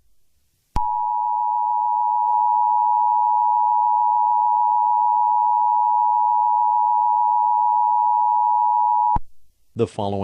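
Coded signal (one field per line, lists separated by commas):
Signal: Emergency Alert System (SAME) tones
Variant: 853 and 960 Hz attention tone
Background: speech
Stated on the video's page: Fictional EAS scenario.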